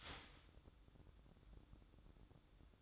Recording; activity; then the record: daily activity, microphone in the room; start toaster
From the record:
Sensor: 3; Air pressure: 1007.1 hPa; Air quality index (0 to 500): 56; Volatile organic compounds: 1 ppm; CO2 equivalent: 597 ppm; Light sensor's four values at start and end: 9/20/8/8 and 8/20/8/8